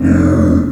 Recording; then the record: squeal of a Yucatan mini pig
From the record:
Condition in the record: after surgery on the right vocal fold (resection and tissue-engineered implant); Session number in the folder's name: 7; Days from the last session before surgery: 47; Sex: female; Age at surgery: 19 weeks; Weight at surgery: 25 kg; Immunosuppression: prednisolone